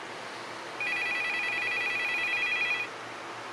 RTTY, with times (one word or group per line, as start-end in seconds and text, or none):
none